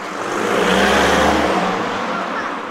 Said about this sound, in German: Die Autos sind laut, Menschen kommen und gehen.